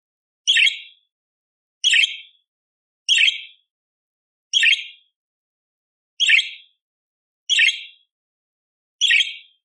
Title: Masteran Burung Parkit Gacor Jernih Full Isian Tembakan Kasar Cocok Buat Kacer